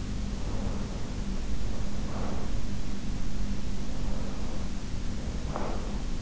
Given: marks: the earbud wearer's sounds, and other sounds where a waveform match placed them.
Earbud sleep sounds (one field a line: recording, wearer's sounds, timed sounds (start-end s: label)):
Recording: sounds in sleep by an in-ear microphone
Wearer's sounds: breath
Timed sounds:
0.19-2.69 s: breath
3.86-6.04 s: breath